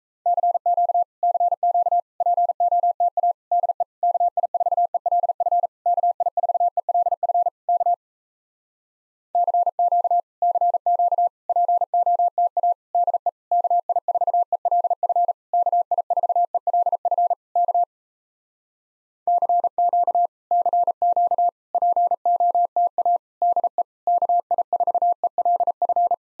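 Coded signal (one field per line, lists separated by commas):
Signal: Morse code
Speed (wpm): 38 wpm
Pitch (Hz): 700 Hz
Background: none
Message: CQ CQ POTA DE KI4ELF KI4ELF K CQ CQ POTA DE KI4ELF KI4ELF K CQ CQ POTA DE KI4ELF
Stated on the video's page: Common QSO phrases speed drill starting fast and slowing to a 28 wpm base; fastest speed 1.5 times slowest, final repeat once at maximum speed.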